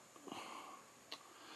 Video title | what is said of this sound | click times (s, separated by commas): Modoking 1/12 Scale Dark Knight Batman Model Figure Build & Review | that's in. There you go. That hear that clicking. | 1.1 s